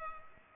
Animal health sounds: mosquito wingbeat signal from an infrared sensor; Culex pipiens

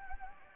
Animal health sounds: mosquito wingbeat signal from an infrared sensor; Anopheles gambiae

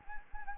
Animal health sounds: mosquito wingbeat signal from an infrared sensor; Anopheles gambiae

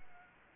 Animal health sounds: mosquito wingbeat signal from an infrared sensor; Anopheles gambiae

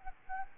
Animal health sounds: mosquito wingbeat signal from an infrared sensor; Aedes albopictus

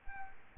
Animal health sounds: mosquito wingbeat signal from an infrared sensor; Culex quinquefasciatus

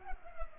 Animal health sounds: mosquito wingbeat signal from an infrared sensor; Culex pipiens

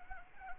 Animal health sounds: mosquito wingbeat signal from an infrared sensor; Anopheles arabiensis

